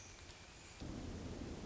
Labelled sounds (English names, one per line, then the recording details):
Hermit Thrush
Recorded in Sonoma County, California